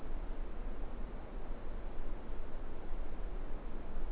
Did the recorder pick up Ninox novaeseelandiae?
no